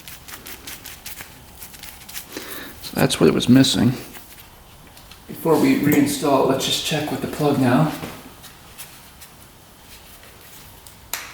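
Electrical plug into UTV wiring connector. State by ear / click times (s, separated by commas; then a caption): seated / 11.1 s. An electrical plug is pushed onto its wiring connector on a UTV. Someone talks, then after some faint handling noises the plug gives a sharp click at 11.1 s. It is now seated and clicks in place.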